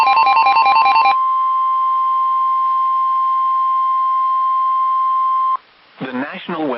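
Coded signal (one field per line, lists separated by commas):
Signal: Emergency Alert System (SAME) tones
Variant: 1050 Hz attention tone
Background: speech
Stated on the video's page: Weather radio station KEC74 Indianapolis, two Severe Thunderstorm Warnings.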